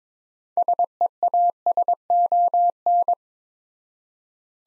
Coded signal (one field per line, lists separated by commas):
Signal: Morse code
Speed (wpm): 22 wpm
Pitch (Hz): 700 Hz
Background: none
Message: SEASON